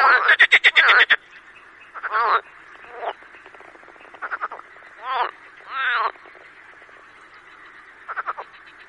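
Marsh frog croaking: one loud pulsed burst at the start, then scattered softer grunts and rattles over a background chorus.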